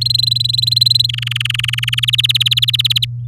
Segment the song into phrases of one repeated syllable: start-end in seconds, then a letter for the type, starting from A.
0.01-1.06 A, 1.09-2.00 B, 2.02-3.05 C